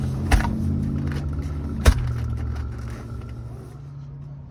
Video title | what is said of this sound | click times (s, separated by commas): 04-08 Grand Prix Shift Cable Replacement | she should snap right in | 0.3 s, 1.9 s